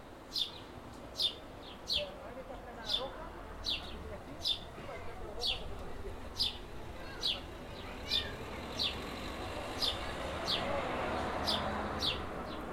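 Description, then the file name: House sparrow chirping steadily, a chirp roughly every second, while a broad background noise swells toward the end. "Passer domesticus"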